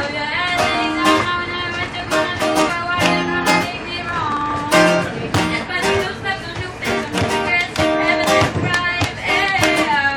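Musicians play in a train, with a steady run of pitched melody notes and chords over a low bass line. Sharp percussive taps and hits land regularly, every half second or so, and voices mix in throughout the ten seconds.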